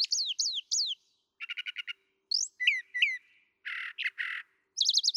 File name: Brown Thrasher